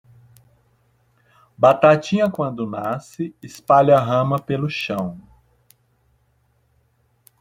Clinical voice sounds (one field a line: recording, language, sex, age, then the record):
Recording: short text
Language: Brazilian Portuguese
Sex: male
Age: 40 to 49 years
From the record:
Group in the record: control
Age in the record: 46 years